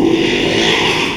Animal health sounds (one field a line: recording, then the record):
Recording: squeal of a Yucatan mini pig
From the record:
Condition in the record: after surgery on the right vocal fold (resection and tissue-engineered implant)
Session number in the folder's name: 1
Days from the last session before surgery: 6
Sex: male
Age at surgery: 12 weeks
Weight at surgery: 13 kg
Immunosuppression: cyclosporine, prednisolone